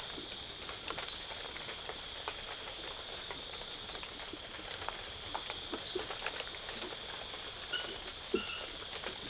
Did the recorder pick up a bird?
no